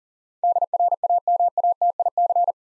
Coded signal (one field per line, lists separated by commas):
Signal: Morse code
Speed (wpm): 40 wpm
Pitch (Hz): 700 Hz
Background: none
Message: DRAMATIC